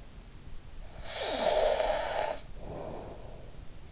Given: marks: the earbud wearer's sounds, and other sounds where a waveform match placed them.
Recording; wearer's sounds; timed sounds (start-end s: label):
sounds in sleep by an in-ear microphone; snoring breath
0.43-3.58 s: snoring breath